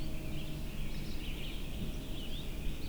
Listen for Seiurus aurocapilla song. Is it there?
no